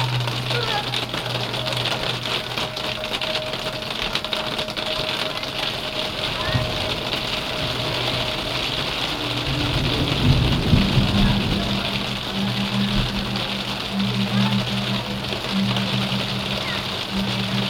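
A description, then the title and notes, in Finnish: A busy public square hums with the murmur of many voices, shoppers and teenagers talking around a steady rush of splashing water from a fountain. A low engine drones through the scene, with a rumbling vehicle passing around the tenth second. Ääniteos Brunnsparkenista – kiireiseltä aukiolta Göteborgista, Etelä-Ruotsissa. Aukio kuhisee hmisiä ostoskasseineen, asunnottomia, teinejä jotka hengailevat suihkulähteellä. Raitiovaunuja, busseja, autoja, polkupyöriä ja rekkoaja. Kanava, joka johtaa suoraa satamaan.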